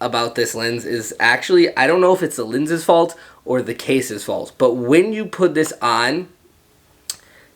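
Someone talks for about six seconds while an anamorphic clip-on lens is put onto a smartphone case lens mount. A single sharp contact sound at 7.1 s is the lens touching the mount, not a locking click. The lens does not click into place: nothing makes it catch, so it can easily move off center.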